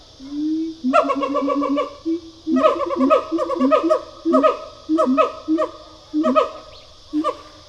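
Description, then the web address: Siamang calls open with a brief hooting tone, then break into a run of sharp harmonic barks and yelps with gaps between bursts. Pair call. "Sound Effects-Foundation. Gibbon Siamang pair call"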